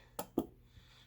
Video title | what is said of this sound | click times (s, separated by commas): Team associated pro .28 look in side and clean up. | and double click. There, factory torque specifications, just for you. | 0.2 s, 0.4 s